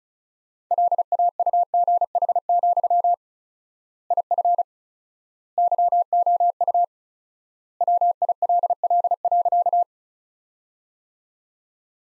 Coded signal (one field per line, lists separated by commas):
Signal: Morse code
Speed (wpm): 36 wpm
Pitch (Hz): 700 Hz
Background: none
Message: LAUGH, IF YOU WILL.